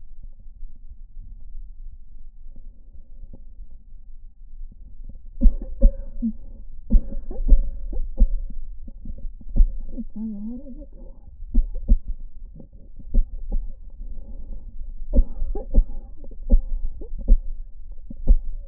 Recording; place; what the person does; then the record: lung sounds by stethoscope; left anterior apical chest; quiet breathing, then cough and speech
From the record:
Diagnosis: COPD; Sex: female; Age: 65 years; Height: 156 cm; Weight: 63.9 kg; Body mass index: 26.3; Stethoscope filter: diaphragm mode